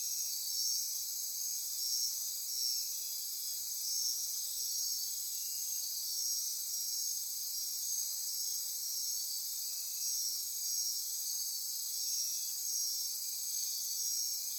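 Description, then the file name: Insect chorus, continuous high buzzy trilling in several bands. Insect chorus recorded at midnight near Corcovado. "Wind-is-the-Original-Radio-Fridays Andy-Martin Midnight-Insect-Chorus-Near-Corcovado"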